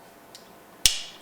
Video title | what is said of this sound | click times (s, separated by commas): miniBIOLAS® Softlaser | Place The Cap on the head part Until It snaps Shot the | 0.9 s